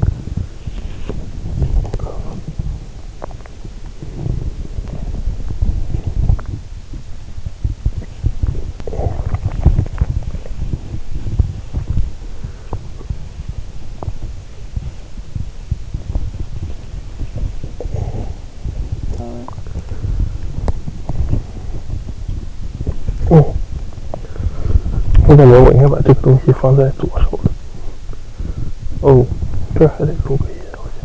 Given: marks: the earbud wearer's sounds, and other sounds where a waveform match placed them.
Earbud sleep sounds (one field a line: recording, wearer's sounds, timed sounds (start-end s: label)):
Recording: sounds in sleep by an in-ear microphone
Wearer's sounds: body movement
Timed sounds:
0.00-31.05 s: body movement